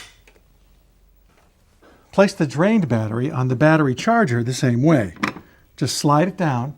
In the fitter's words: push it away from you until you hear it click into place.